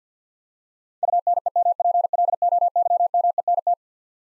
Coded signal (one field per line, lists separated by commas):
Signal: Morse code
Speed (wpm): 50 wpm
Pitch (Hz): 700 Hz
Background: none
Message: UNEMPLOYMENT